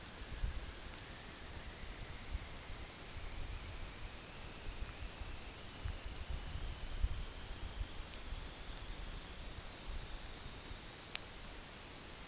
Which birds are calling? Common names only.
none